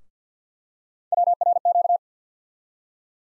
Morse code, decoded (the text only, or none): WRQ